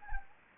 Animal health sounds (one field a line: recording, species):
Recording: mosquito wingbeat signal from an infrared sensor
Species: Anopheles gambiae